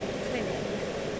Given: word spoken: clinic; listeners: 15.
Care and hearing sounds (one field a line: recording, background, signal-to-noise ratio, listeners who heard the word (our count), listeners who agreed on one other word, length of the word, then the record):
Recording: one English word in noise, from a listening test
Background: speech-shaped noise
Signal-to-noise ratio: -6.8 dB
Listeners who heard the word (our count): 3 of 15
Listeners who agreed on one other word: 6 of 15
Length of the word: 0.80 s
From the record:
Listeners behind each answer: 6, 3, 2, 2, 1, 1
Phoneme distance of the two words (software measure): 27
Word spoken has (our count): 2 syllables, 6 phonemes, stress on syllable 1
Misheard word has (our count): 2 syllables, 5 phonemes, stress on syllable 1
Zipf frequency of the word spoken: 3.94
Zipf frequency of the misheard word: 5.06